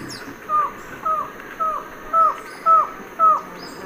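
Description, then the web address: White-shouldered antshrike song: six short, nasal, downslurred notes spaced about half a second apart, over a steady high insect drone. Recorded in the eastern lowlands of South America. "Natures Songs S America Eastern Lowlands. Thamnophilus aethiops, song"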